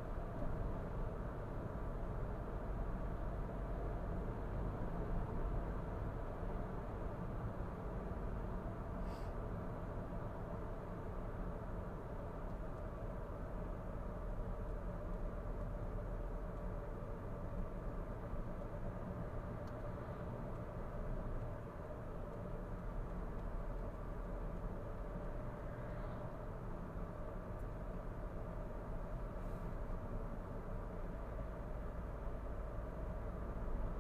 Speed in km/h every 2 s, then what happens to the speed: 64, 64, 66, 66, 62, 60, 58, 56, 55, 56, 57, 56, 56, 57, 58, 58, 59.
0-6 steady at about 64. 6-15 slows to 55. 15-34 steady at about 57.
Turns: none.